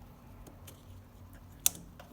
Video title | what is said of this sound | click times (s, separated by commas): Suzuki GSX-R Not starting. | you'll hear it click now | 1.7 s